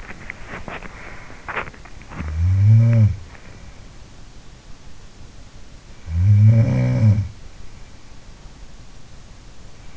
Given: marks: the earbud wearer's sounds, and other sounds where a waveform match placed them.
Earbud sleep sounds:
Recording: sounds in sleep by an in-ear microphone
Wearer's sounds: swallowing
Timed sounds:
0.00-1.78 s: swallowing
2.13-3.74 s: sound from someone else or the room
5.41-7.78 s: sound from someone else or the room

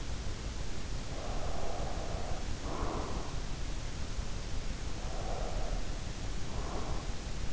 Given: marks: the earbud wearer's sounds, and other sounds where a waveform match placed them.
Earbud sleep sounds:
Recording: sounds in sleep by an in-ear microphone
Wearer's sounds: breath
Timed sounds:
1.04-3.56 s: breath
4.88-7.53 s: breath

